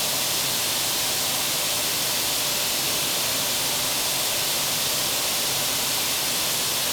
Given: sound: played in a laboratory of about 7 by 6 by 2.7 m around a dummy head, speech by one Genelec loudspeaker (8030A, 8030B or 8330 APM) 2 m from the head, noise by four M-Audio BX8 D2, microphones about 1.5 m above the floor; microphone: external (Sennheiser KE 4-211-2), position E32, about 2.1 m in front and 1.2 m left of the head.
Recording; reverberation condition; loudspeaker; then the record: white noise; high; four, about 170 cm from the corners of the room and facing them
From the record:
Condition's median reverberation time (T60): about 1300 ms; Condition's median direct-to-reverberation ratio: about -4.0 dB